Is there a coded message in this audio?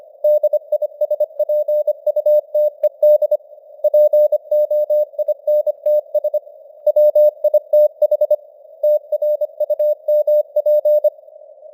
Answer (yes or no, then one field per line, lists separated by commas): yes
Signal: Morse code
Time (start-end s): 0.2-11.1 s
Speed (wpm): 25 wpm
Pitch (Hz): 600 Hz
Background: none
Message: DISPUTED POINTS WITH TRUMP